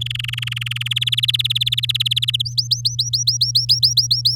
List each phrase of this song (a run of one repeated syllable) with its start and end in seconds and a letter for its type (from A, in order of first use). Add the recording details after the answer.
0.00-0.88 A, 0.91-2.42 B, 2.45-4.36 C. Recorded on 9 May 2018 at 13:43. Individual llb16